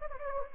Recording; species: mosquito wingbeat signal from an infrared sensor; Anopheles gambiae